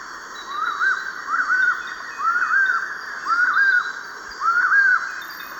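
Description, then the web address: Collared puffbird song, five clear whistled phrases, each rising then dropping, repeated roughly every second over steady insect buzzing. Eastern lowlands of South America. "Natures Songs S America Eastern Lowlands Bucco capensis, song"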